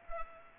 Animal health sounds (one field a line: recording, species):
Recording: mosquito wingbeat signal from an infrared sensor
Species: Culex pipiens